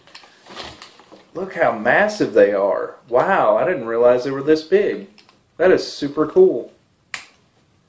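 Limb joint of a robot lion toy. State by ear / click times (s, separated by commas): seated / 7.1 s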